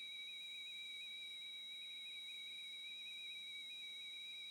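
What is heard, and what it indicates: A steady, high-pitched whistling tone with a slight waver runs unbroken through the whole clip over a faint hiss. It simulates constant tinnitus, the form of ringing in the ears that is literally always there rather than coming and going at different times of the day.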